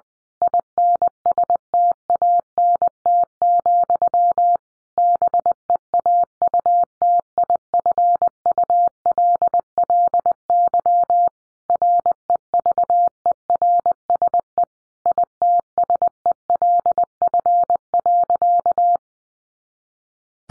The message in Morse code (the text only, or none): INSTANT, BEAUTIFULLY REVERSE ITSELF.